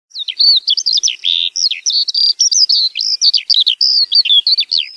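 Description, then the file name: Eurasian skylark song pouring out continuously, fast varied twittering and warbled whistles with quick frequency sweeps, clean and free of background noise. "allodola"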